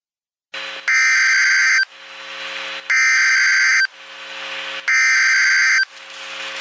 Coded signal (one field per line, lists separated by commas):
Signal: Emergency Alert System (SAME) tones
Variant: header bursts